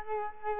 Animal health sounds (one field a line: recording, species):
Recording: mosquito wingbeat signal from an infrared sensor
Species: Culex quinquefasciatus